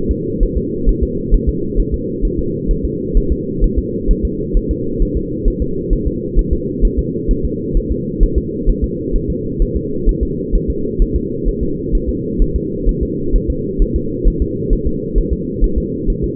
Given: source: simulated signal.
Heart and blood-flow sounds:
fetal heart sounds
0.11 s: S2
0.43 s: S1
0.57 s: S2
0.89 s: S1
1.03 s: S2
1.34 s: S1
1.49 s: S2
1.79 s: S1
1.94 s: S2
2.25 s: S1
2.39 s: S2
2.71 s: S1
2.85 s: S2
3.17 s: S1
3.32 s: S2
3.64 s: S1
3.78 s: S2
4.11 s: S1
4.25 s: S2
4.57 s: S1
4.71 s: S2
5.02 s: S1
5.17 s: S2
5.48 s: S1
5.62 s: S2
5.93 s: S1
6.07 s: S2
6.39 s: S1
6.53 s: S2
6.85 s: S1
6.99 s: S2
7.31 s: S1
7.45 s: S2
7.77 s: S1
7.91 s: S2
8.23 s: S1
8.38 s: S2
8.69 s: S1
8.84 s: S2
9.16 s: S1
9.30 s: S2
9.62 s: S1
9.76 s: S2
10.09 s: S1
10.23 s: S2
10.55 s: S1
10.70 s: S2
11.02 s: S1
11.16 s: S2
11.48 s: S1
11.63 s: S2
11.95 s: S1
12.09 s: S2
12.42 s: S1
12.56 s: S2
12.89 s: S1
13.03 s: S2
13.35 s: S1
13.50 s: S2
13.82 s: S1
13.96 s: S2
14.28 s: S1
14.42 s: S2
14.73 s: S1
14.87 s: S2
15.18 s: S1
15.33 s: S2
15.64 s: S1
15.78 s: S2
16.10 s: S1
16.24 s: S2
From the record:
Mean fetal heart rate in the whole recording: 130 bpm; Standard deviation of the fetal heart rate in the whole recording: 4 bpm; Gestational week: 38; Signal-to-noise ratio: -6.6 dB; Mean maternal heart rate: 72 bpm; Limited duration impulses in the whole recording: present

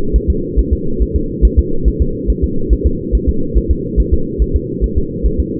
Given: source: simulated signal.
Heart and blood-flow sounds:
fetal heart sounds
0.16 s: S1
0.30 s: S2
0.59 s: S1
0.73 s: S2
1.02 s: S1
1.16 s: S2
1.45 s: S1
1.59 s: S2
1.88 s: S1
2.02 s: S2
2.30 s: S1
2.44 s: S2
2.73 s: S1
2.87 s: S2
3.15 s: S1
3.29 s: S2
3.58 s: S1
3.71 s: S2
4.00 s: S1
4.13 s: S2
4.42 s: S1
4.56 s: S2
4.84 s: S1
4.98 s: S2
5.26 s: S1
5.40 s: S2
From the record:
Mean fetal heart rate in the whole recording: 140 bpm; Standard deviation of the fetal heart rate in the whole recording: 2 bpm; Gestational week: 34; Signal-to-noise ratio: -8.1 dB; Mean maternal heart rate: 72 bpm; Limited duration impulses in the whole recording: absent

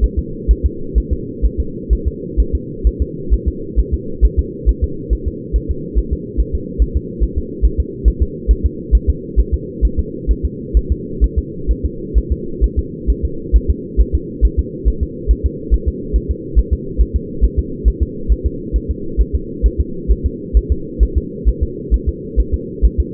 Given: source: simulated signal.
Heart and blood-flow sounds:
fetal heart sounds
0.04 s: S1
0.19 s: S2
0.51 s: S1
0.66 s: S2
0.98 s: S1
1.13 s: S2
1.46 s: S1
1.60 s: S2
1.93 s: S1
2.08 s: S2
2.40 s: S1
2.55 s: S2
2.87 s: S1
3.02 s: S2
3.34 s: S1
3.48 s: S2
3.79 s: S1
3.94 s: S2
4.25 s: S1
4.39 s: S2
4.69 s: S1
4.84 s: S2
5.13 s: S1
5.28 s: S2
5.56 s: S1
5.71 s: S2
5.99 s: S1
6.13 s: S2
6.40 s: S1
6.55 s: S2
6.82 s: S1
6.96 s: S2
7.24 s: S1
7.38 s: S2
7.65 s: S1
7.80 s: S2
8.08 s: S1
8.22 s: S2
8.51 s: S1
8.66 s: S2
8.95 s: S1
9.10 s: S2
9.40 s: S1
9.54 s: S2
9.85 s: S1
9.99 s: S2
10.31 s: S1
10.45 s: S2
10.77 s: S1
10.92 s: S2
11.24 s: S1
11.38 s: S2
11.71 s: S1
11.85 s: S2
12.18 s: S1
12.32 s: S2
12.64 s: S1
12.79 s: S2
13.10 s: S1
13.25 s: S2
13.56 s: S1
13.70 s: S2
14.01 s: S1
14.15 s: S2
14.45 s: S1
14.59 s: S2
14.88 s: S1
15.03 s: S2
15.31 s: S1
15.46 s: S2
15.74 s: S1
15.88 s: S2
16.16 s: S1
16.31 s: S2
16.59 s: S1
16.73 s: S2
17.01 s: S1
17.16 s: S2
17.45 s: S1
17.59 s: S2
17.88 s: S1
18.02 s: S2
18.32 s: S1
18.46 s: S2
18.76 s: S1
18.91 s: S2
19.21 s: S1
19.35 s: S2
19.66 s: S1
19.80 s: S2
20.11 s: S1
20.26 s: S2
20.57 s: S1
20.72 s: S2
21.03 s: S1
21.18 s: S2
21.48 s: S1
21.63 s: S2
21.94 s: S1
22.09 s: S2
22.40 s: S1
22.54 s: S2
22.85 s: S1
23.00 s: S2
From the record:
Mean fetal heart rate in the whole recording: 135 bpm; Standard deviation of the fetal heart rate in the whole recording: 3 bpm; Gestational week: 34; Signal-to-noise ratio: -4.3 dB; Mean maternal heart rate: 72 bpm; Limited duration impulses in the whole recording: absent

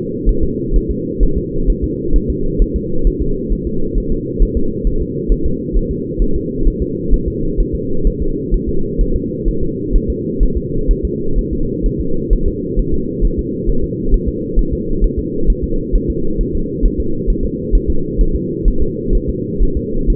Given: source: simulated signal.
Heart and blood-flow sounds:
fetal heart sounds
0.29 s: S1
0.43 s: S2
0.76 s: S1
0.91 s: S2
1.23 s: S1
1.38 s: S2
1.70 s: S1
1.84 s: S2
2.16 s: S1
2.30 s: S2
2.62 s: S1
2.76 s: S2
3.07 s: S1
3.22 s: S2
3.53 s: S1
3.67 s: S2
3.98 s: S1
4.12 s: S2
4.42 s: S1
4.57 s: S2
4.87 s: S1
5.02 s: S2
5.32 s: S1
5.46 s: S2
5.77 s: S1
5.91 s: S2
6.22 s: S1
6.36 s: S2
6.67 s: S1
6.82 s: S2
7.14 s: S1
7.28 s: S2
7.60 s: S1
7.75 s: S2
8.07 s: S1
8.22 s: S2
8.54 s: S1
8.69 s: S2
9.01 s: S1
9.16 s: S2
9.48 s: S1
9.63 s: S2
9.96 s: S1
10.10 s: S2
10.43 s: S1
10.57 s: S2
10.91 s: S1
11.05 s: S2
11.38 s: S1
11.53 s: S2
11.86 s: S1
12.01 s: S2
12.33 s: S1
12.48 s: S2
12.79 s: S1
12.94 s: S2
13.25 s: S1
13.39 s: S2
13.69 s: S1
13.84 s: S2
14.14 s: S1
14.29 s: S2
14.59 s: S1
14.73 s: S2
15.04 s: S1
15.19 s: S2
15.50 s: S1
15.64 s: S2
15.95 s: S1
16.10 s: S2
16.41 s: S1
16.55 s: S2
16.85 s: S1
17.00 s: S2
17.30 s: S1
17.45 s: S2
17.75 s: S1
17.90 s: S2
18.21 s: S1
18.36 s: S2
18.68 s: S1
18.82 s: S2
19.15 s: S1
19.29 s: S2
19.63 s: S1
19.77 s: S2
20.10 s: S1
From the record:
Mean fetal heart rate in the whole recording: 130 bpm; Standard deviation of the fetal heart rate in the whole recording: 2 bpm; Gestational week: 38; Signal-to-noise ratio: -8.1 dB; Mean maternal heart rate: 72 bpm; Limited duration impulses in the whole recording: absent

